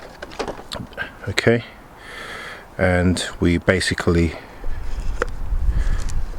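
A new paper oil filter element is handled next to its plastic filter housing cap, the element it will later be pushed into until it clicks in place. Someone talks over short handling knocks and taps, with a sharp tap near 5.2 seconds. Nothing has seated or clicked yet.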